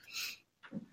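A brief hissy burst, then a short low yelp-like animal noise from an adult woman: a vocal tic of Tourette syndrome. Her tics are mostly vocal, including barking and animal noises, and occur like a bodily function such as a cough or sneeze, more often when she is excited.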